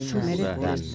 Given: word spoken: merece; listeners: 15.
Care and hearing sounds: one Spanish word in noise, from a listening test; four-talker babble; -1.6 dB; 1 of 15; 7 of 15; 0.55 s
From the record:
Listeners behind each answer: 7, 1, 1, 1, 1, 1, 1, 1, 1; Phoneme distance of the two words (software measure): 7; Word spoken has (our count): 3 syllables, 6 phonemes, stress on syllable 2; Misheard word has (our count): 3 syllables, 7 phonemes, stress on syllable 2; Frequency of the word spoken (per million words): 30.33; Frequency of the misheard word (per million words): 1.44

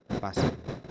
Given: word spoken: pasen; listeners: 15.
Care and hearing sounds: one Spanish word in noise, from a listening test; noise modulated by one talker; -8.8 dB; 4 of 15; 8 of 15; 0.51 s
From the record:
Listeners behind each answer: 8, 4, 2, 1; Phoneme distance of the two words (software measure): 7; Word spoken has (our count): 2 syllables, 5 phonemes, stress on syllable 1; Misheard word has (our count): 2 syllables, 4 phonemes, stress on syllable 1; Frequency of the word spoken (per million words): 7.32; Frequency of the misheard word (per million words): 38.86

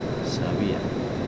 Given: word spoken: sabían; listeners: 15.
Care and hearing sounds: one Spanish word in noise, from a listening test; speech-shaped noise; -4.4 dB; 0 of 15; 13 of 15; 0.87 s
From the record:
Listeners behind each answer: 13, 1, 1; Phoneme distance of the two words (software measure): 17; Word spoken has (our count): 3 syllables, 6 phonemes, stress on syllable 2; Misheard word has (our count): 2 syllables, 5 phonemes, stress on syllable 1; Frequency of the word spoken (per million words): 19.92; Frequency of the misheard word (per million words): 5.49

